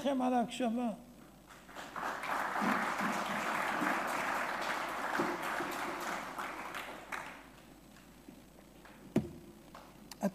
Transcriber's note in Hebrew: מחיאות כפיים